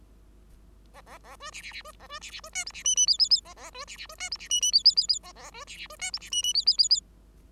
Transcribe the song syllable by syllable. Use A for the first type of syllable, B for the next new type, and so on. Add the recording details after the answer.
A A A B C C C B A B C C B D E C F F G G G A A B C C B D E C F F G G G G A A B C C B D E C F F G G G G. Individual Bird5